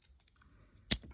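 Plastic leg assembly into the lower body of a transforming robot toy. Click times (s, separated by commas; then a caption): 0.9 s. The plastic bottom leg assembly of a Transformers Bumblebee Cyberverse Adventure Deluxe Class Thunderhowl robot toy is slid up into the lower body. After a few faint light ticks, it locks into place with one sharp, bright click at 0.9 s, and the leg assembly is seated.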